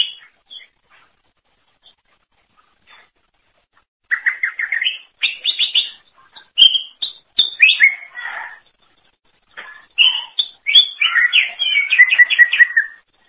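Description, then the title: Greater green leafbird song after a quiet start, with jumbled chirps, sharp high notes and rapid warbling phrases separated by short gaps. "Cucak ijo"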